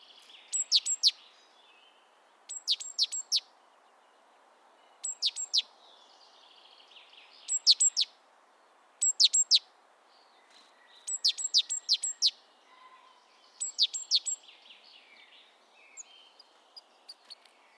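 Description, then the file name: Great tit calls: sharp, high, clicking notes in quick clusters of a few, repeated every two to three seconds over a soft background hiss. "Parus major"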